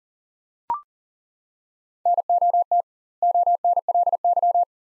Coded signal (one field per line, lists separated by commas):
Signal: Morse code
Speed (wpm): 37 wpm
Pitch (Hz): 700 Hz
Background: none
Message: NOT ONLY